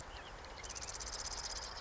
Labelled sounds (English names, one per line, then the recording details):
Marsh Wren
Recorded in Sonoma County, California